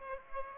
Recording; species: mosquito wingbeat signal from an infrared sensor; Aedes aegypti